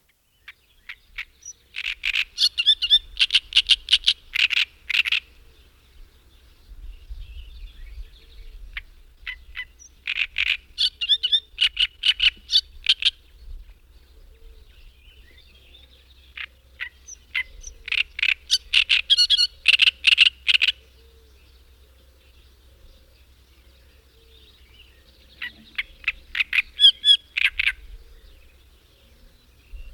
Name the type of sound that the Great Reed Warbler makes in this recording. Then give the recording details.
song. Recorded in the wild. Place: Balcik, Varna, BG. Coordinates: 43.427, 28.162. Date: 1974-06-07 05:00. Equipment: Nagra III BH, Sennheiser MD 21, parabola. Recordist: Schubert, Michael